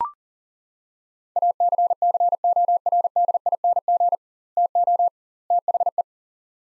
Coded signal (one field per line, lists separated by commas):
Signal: Morse code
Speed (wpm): 40 wpm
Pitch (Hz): 700 Hz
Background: none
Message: ACCORDING TO THE